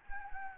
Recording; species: mosquito wingbeat signal from an infrared sensor; Anopheles gambiae